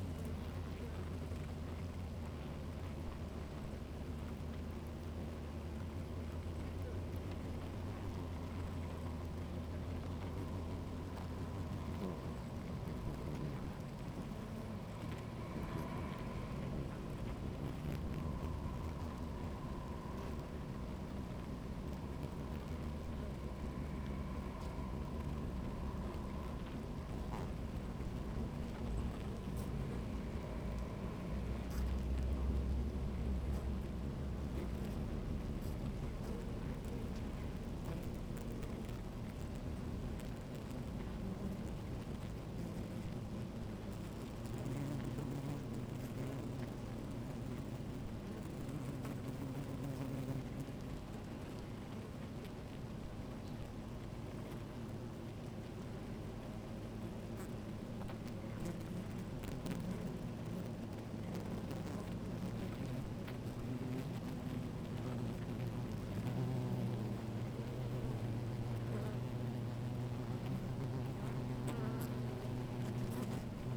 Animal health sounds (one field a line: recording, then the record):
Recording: honeybee colony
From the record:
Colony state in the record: active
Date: 28 July 2017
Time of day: 16:53